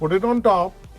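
A plastic wiring harness connector is placed on top of the headlight bulb base of a 2008 Hummer H2 and about to be pressed down. Someone talks over background music. Nothing has seated or clicked yet.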